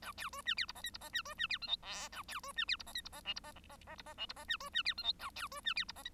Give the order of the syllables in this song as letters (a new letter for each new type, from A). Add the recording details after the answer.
A B C D E F G H F G D C D E I J K A B C D E F G H F G L F G G G F G L F G D C D E I J A B C D E F G. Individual Bird1